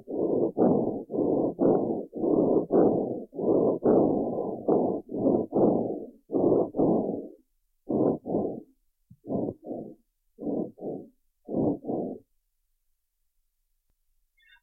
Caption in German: Trachealgeräusche beim Fohlen. Trachealgeräusch des Fohlens unterscheidet sich von dem des erwachsenen Pferdes lediglich durch eine höhere Atemfrequenz.